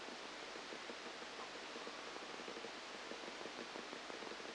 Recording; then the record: brain microelectrode recording played as sound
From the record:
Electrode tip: outside the subthalamic nucleus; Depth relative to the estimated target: -6 mm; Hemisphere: left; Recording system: NeuroSet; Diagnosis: Parkinson's disease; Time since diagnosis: 8 years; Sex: male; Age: 37 years